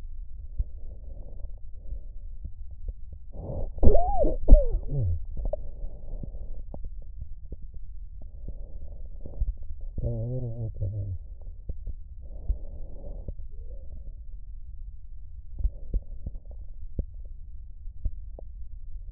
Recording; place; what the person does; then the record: lung sounds by stethoscope; left posterior basal chest; quiet breathing, then cough and speech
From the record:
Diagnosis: interstitial lung disease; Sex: male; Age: 74 years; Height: 160 cm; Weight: 54 kg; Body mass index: 21.1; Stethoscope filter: extended mode